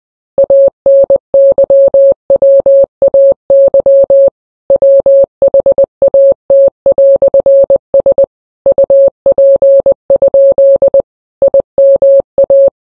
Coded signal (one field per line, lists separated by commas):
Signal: Morse code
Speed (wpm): 21 wpm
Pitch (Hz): 550 Hz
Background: none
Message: ANYWAY WHAT"S UP? IMA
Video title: A Secret Message In Morse Code